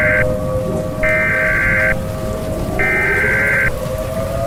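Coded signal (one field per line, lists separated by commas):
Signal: Emergency Alert System (SAME) tones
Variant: header bursts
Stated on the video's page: Fictional EAS scenario about acid rain.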